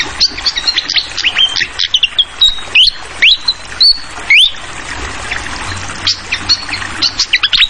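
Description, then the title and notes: Fantail song: quick high chirps and clear whistled notes, several sharply rising, in rapid irregular bursts over a steady hiss of running water. Clear fantail song mixed with trickling water, made as a masteran (tutoring recording) for teaching songbirds. "Masteran Sikatan Kipas Suara Jernih Dan Suara Gemericik Air. Suara Burung Sikatan Londo"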